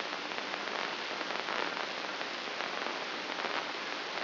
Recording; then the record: brain microelectrode recording played as sound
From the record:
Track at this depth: outside the subthalamic nucleus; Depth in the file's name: 7.228 mm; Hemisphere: left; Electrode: 2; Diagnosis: Parkinson's disease